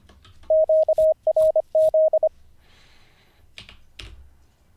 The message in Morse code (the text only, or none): QRZ